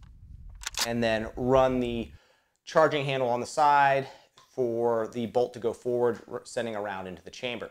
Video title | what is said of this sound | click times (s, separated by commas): M1A SOCOM | And the M1A is a rock-in magazine, so you stick the front corner in, rock it in until it clicks, and | 0.7 s